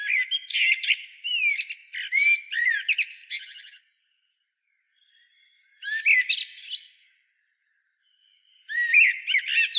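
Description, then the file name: Common blackbird song in repeated phrases, each a mix of fluty whistles and squeaky twitters, separated by quiet gaps with faint notes. "Turdus merula"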